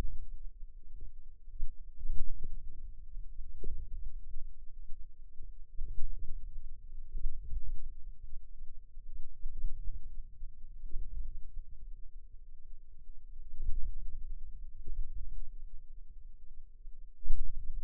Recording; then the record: forearm muscle sounds (acoustic myography)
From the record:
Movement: ulnar deviation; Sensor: system 2, bracelet of six BSWA MPA416 microphones around the upper forearm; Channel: 1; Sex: female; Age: 21 years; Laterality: right